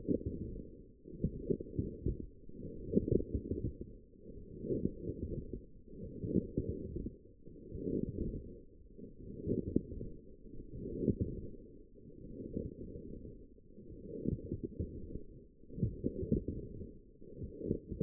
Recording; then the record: forearm muscle sounds (acoustic myography)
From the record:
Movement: forearm pronation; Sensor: system 1, eight BSWA MPA416 microphones around the upper forearm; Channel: 7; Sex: female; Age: 21 years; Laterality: right